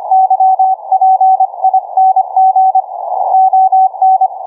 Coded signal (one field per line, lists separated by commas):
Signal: Morse code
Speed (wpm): 25 wpm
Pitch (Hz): 760 Hz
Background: none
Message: YPING ON